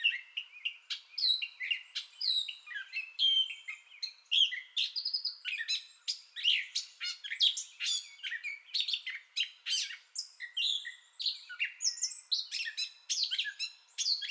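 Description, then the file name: Gray catbird singing a long, continuous jumble of varied squeaky, mewing and chattering phrases, mostly high-pitched, delivered rapidly with brief pauses and no other sounds. Entire song bout recorded 30 May 2021. "2021-05-30 Gray Catbird Entire Song Bout"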